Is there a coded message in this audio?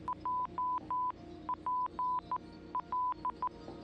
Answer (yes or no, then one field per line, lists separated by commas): yes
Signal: Morse code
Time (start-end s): 0.1-3.5 s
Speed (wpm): 14 wpm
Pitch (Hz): 1000 Hz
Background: none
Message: JPL